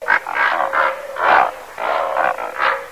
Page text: Розовый пеликан — Pelecanus onocrothalus